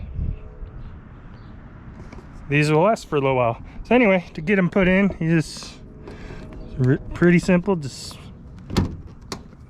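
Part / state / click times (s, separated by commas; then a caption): side mirror light or cover piece into the mirror housing / seated / 9.3 s. Someone talks, then a plastic mirror piece with lights, the side mirror light or cover piece on an FJ Cruiser, is pressed onto the door mirror housing. A sharp click at 9.3 s marks it snapping into place, and it is seated.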